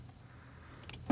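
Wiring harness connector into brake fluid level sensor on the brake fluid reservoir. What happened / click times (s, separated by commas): The connector is being handled and has not yet seated / none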